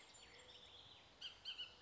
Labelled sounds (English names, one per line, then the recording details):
Bullock's Oriole
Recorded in Sonoma County, California